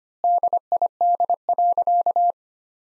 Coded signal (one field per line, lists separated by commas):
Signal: Morse code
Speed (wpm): 25 wpm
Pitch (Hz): 700 Hz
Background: none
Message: DID.